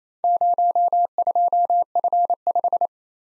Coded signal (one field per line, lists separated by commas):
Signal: Morse code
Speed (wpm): 27 wpm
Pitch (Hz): 700 Hz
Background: none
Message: 02F5